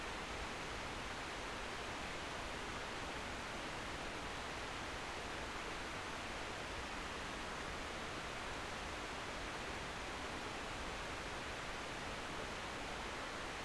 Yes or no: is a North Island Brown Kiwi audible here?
no